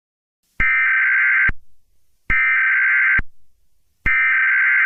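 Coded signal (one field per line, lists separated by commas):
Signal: Emergency Alert System (SAME) tones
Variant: header bursts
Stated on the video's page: Fictional EAS scenario, Halloween-themed.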